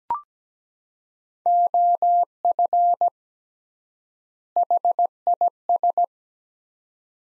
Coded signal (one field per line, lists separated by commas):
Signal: Morse code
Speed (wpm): 17 wpm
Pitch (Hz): 700 Hz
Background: none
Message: OF HIS